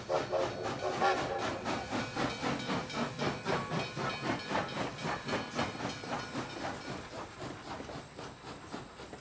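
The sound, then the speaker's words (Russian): A moving express passenger train with a second-class carriage chugs steadily on a Saturday morning, its rhythmic pulses repeating evenly with a hissing, steamy texture throughout, fairly loud and with no voices. “И вот в субботу в 8 часов утра скорый поезд увозил в вагоне второго класса хозяйку и ее подруг.”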